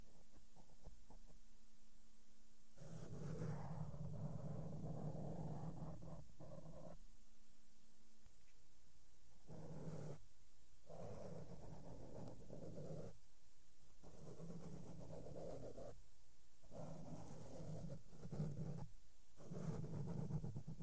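Soft makeup brushes sweep over a microphone in long, dense, rustling strokes, broken by short pauses at roughly three, seven, ten and nineteen seconds. A low steady hum runs underneath, and a brief tone appears during the pauses near the start.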